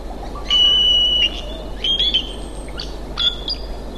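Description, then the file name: Giant cowbird calls: three drawn-out, thin, high whistles with short clicking notes between them. "gicowbrd"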